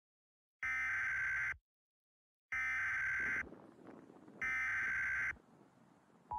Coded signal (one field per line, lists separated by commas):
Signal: Emergency Alert System (SAME) tones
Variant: header bursts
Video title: The Ultimate Downburst - An EAS Scenario